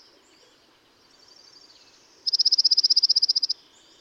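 Dark-eyed Junco giving a single rapid, evenly pulsed high trill lasting just over a second, after a faint softer trill and quiet pause.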